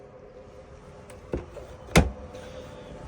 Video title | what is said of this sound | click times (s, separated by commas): Rimor Evo 66P Handover video | until you hear that little click there that means it's completely locked in position and you're good to go | 2.0 s